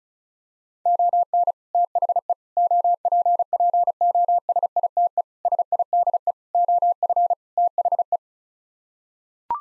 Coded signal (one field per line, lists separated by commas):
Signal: Morse code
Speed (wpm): 36 wpm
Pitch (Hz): 700 Hz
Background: none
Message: ON THE OPPOSITE SIDE OF THE